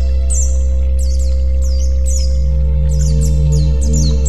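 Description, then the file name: White-eye song: rapid, high twittering phrases of falling slurred notes, over a persistent low hum. White-eye 'terapi' (therapy) song. "terapi pleci"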